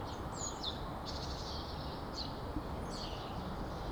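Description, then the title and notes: Birds chirping: short, high twittering notes in several brief bursts spread throughout, over a steady low rumbling background noise. Birds chirping among the bush-overgrown remains of buildings, in ruins at vulytsia Shmidta 20, Kostiantynivka, Donetsk Oblast, Ukraine; recorded with a Zoom H2n. "вулиця Шмідта, 20, місто Костянтинівка, Donetsk Oblast, Украина, 85100-Птицы среди руин. Щебет птиц в поросших кустами остатках зданий"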